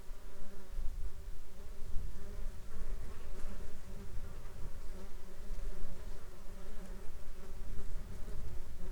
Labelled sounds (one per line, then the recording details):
wind
insects
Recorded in the Arctic National Wildlife Refuge, Alaska, on 17 July 2021 at 11:16
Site 33